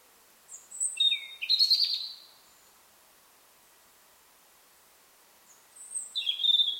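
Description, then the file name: European robin song: two high, thin, warbling phrases with sharp pitch jumps, one early and one near the end, separated by several seconds of silence. "Erithacus rubecula"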